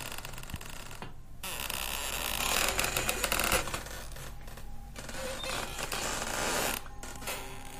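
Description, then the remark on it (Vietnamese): A hammock creaks steadily against a wooden beam where it hangs, in a house at Cồn Lim, a drawn-out grinding squeak that swells and fades in repeated strained passes, with brief pauses between them and no voices. “Nhưng tiếng kẽo cà kẽo kẹt từ chỗ treo võng cứ rít lên, giống như là có vật nặng đang rít trên đó, làm cho cái võng cọ vào thanh gỗ nghe đến rợn người.”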